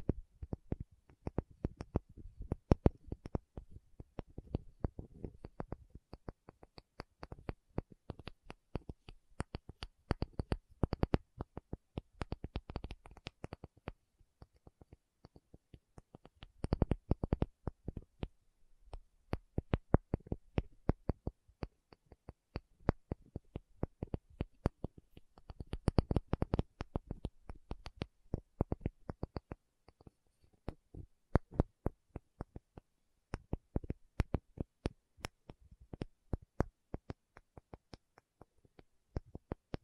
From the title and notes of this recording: ASMR 1 Hour Tapping Session (No Talking).